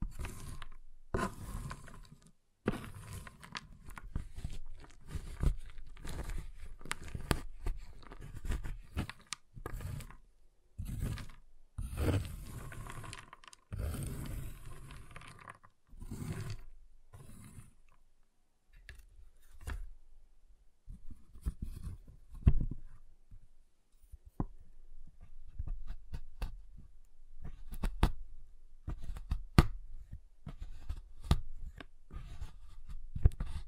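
Giant chocolate bar being tapped, cut and snapped, with dense bursts of sharp cracks and crunches through the first eighteen seconds. After a quieter pause near twenty seconds, lighter irregular taps and clicks return, scattered and uneven, with low thumps underneath.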